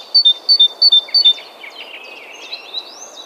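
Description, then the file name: Great tit giving a ringing two-note phrase repeated four times in quick succession, followed by softer twittering from other birds. "Parus major"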